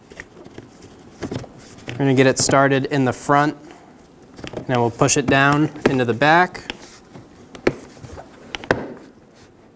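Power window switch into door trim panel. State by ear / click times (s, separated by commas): seated / 8.7 s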